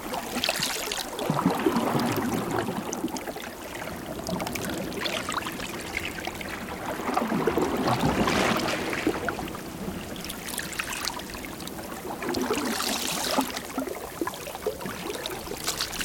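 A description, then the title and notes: Natural background noise from an island: a dense, continuous wash of hiss and rumble, like wind or moving water. It swells and eases in slow waves, louder around the second, eighth and thirteenth seconds, with brighter gusty bursts riding over a low undertone. FLINDERS ISLAND • Natural Background Noise. MyNoise Intertidal.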